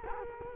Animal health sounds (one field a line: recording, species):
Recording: mosquito wingbeat signal from an infrared sensor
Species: Culex quinquefasciatus